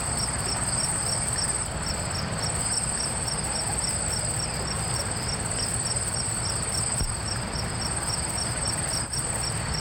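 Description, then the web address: Crickets chirping in a steady chorus, rapid high pulses running without a break alongside a continuous shrill trill, over a low, even background rumble. Crickets at night in the countryside. "country ambience crickets night time"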